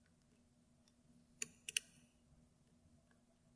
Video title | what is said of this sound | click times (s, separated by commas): (1317) Rav Bariach Pin-in-Pin DImple Lock Picked & Gutted | all right fives back up that's a nice click | 1.8 s